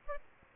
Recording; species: mosquito wingbeat signal from an infrared sensor; Aedes albopictus